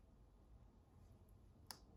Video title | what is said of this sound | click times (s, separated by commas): Model Build: Space Marine ATV | oh there we go that clicked into place | 1.7 s